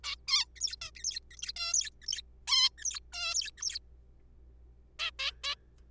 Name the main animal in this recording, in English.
Zebra Finch